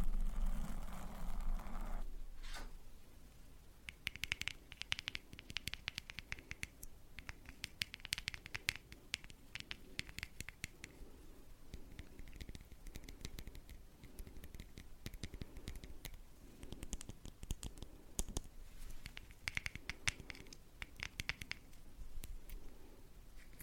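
Tapping in quick, uneven bursts of short, dry clicks that run nearly the whole way, some sharper and louder than others. The opening two seconds carry a low hum and rustle before the taps begin, with a faint scratchy texture underneath throughout.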